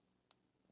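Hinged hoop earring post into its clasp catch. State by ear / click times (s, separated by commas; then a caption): seated / 0.3 s. A tiny hinged hoop earring, sterling silver or stainless steel, has its hinged post swung shut into the clasp catch. A sharp, bright little click sounds at 0.3 s as it snaps closed and seats, followed by faint soft handling noise.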